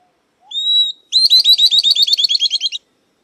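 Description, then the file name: Southern beardless-tyrannulet song with one thin sustained whistle leading into a fast series of high twittering notes. "Canto do Risadinha"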